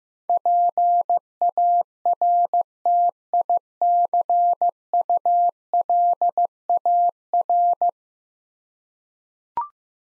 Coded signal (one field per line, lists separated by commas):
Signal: Morse code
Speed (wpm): 15 wpm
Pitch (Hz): 700 Hz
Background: none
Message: PARTICULAR